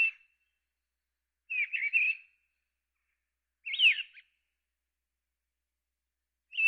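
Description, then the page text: Mistle thrush giving short fluty, warbled phrases, each under a second, separated by pauses of about one to two and a half seconds; otherwise quiet. "Mistle Thrush. Quick Sounds"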